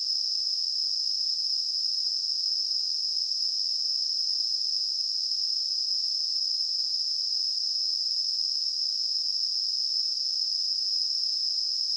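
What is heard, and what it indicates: A steady, high-pitched hissing tone holds unchanged at the same level for the full twelve seconds, with no breaks or pulsing. It is a simulated tinnitus sound, the ringing or hissing sound some people hear constantly in their ears.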